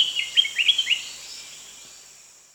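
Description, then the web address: Spectacled bulbul calls: a quick run of bright, slurred chirps in about a second, then fading, over a steady high hum. Recorded at Danum on 1 January 2008. "DANUM 20080101. spectacled bulbul"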